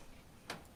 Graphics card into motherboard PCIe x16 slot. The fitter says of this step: Push on your graphics card until it locks into place. You can tell when the PCIe lock pushes up.